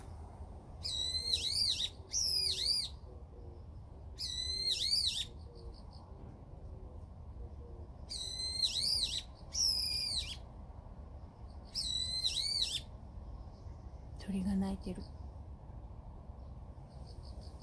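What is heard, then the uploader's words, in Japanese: Birds call in bright, wavering paired bursts about every two to three seconds over a steady low rumble, with a brief sharp sound near fourteen seconds. 朝って、鳥の声ぴったりだね。結構大きな鳥さんでした。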